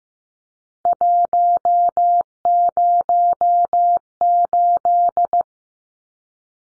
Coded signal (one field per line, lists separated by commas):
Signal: Morse code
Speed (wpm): 15 wpm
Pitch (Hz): 700 Hz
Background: none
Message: 108